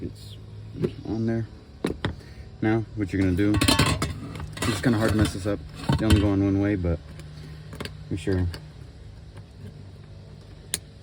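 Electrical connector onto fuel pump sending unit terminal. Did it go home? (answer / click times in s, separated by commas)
yes / 10.7 s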